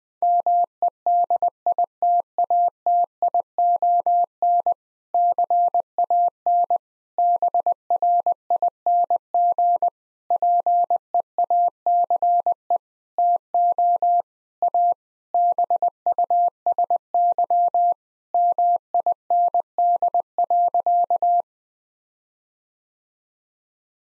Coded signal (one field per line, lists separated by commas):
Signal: Morse code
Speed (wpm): 20 wpm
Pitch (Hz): 700 Hz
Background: none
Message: MEDITATION CAN BRING PEACE TO A BUSY MIND.